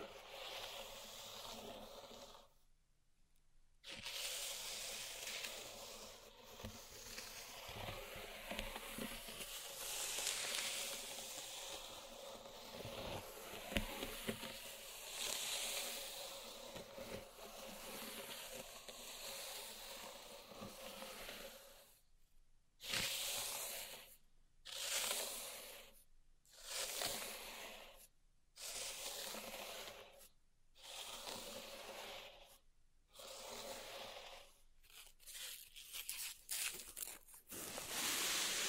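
Grainy pink salt is raked through a zen garden in a steady hissing scrape, then in separate strokes every few seconds after a pause.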